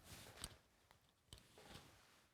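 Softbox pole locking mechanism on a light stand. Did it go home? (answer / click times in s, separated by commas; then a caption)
yes / 1.3 s. A fabric softbox on a light stand is opened by pushing the light-fixture pole toward the base of the softbox. Soft handling rustles are punctuated by a few sharp ticks. At 1.3 s the frame gives a little click as it locks open into place.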